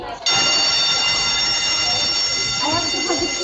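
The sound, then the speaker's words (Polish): A primary school bell rings loudly and without pause for over three seconds, a harsh, steady metallic ring. Faint chatter from voices can be heard underneath near the end. “Dla wielu ósmoklasistów to jeden z ostatnich dzwonków w podstawówce.”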